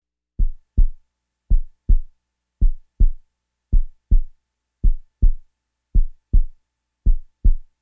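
Steady paired low thumps in a lub-dub pattern repeat at about 54 beats a minute with an even rhythm: a heartbeat at a medium, regular pace, with no other sounds.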